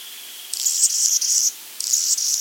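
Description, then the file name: Anna's hummingbird giving two high, scratchy buzzing bursts, the first about a second long and the second shorter, over faint steady hiss. "Calypte anna - Anna's Hummingbird"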